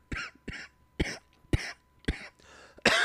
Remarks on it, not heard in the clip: And now I'm still coughing, but that's okay. I'm trying not to cough. It sounds like I'm choking.